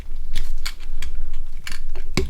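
A SIM card is put back into its slot in the card holder of a Nokia 1100 mobile phone and pushed home. Light taps and scrapes come at about 0.4, 0.7, 1.0 and 1.7 seconds, then a loud sharp click at 2.2 seconds as the card seats in the holder.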